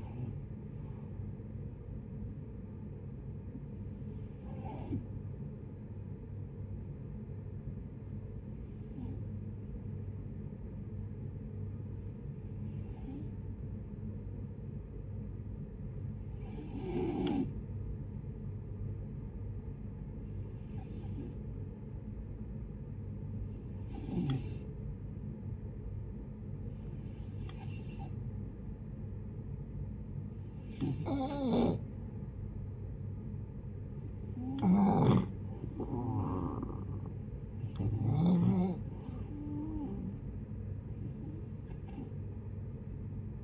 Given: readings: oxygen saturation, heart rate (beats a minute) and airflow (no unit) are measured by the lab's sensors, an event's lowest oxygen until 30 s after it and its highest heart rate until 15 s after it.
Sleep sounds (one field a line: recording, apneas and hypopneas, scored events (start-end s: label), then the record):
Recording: breathing in sleep by a smartphone at the bedside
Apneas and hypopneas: 1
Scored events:
6.00-32.40 s: hypopnea (N1, oxygen 95% highest, then 85% lowest, heart rate 74 at the start, 78 highest)
14.00-43.44 s: new sleep stage, N2 (light sleep)
From the record:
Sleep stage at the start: N1 (lightest sleep)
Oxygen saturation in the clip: 75 to 95%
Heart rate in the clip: 70 to 83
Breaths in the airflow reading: 12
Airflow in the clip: -13.1 to 6.3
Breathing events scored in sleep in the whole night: 496 in 5.4 hours asleep